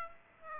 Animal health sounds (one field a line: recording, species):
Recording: mosquito wingbeat signal from an infrared sensor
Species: Aedes aegypti